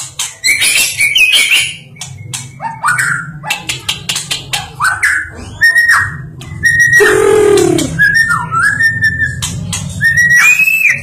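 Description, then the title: Songbird giving harsh chatter, clicks and long level whistles, with a loud swooping downward note midway and a steady low hum. Masteran recording used for training songbirds. "Master Burung Jos"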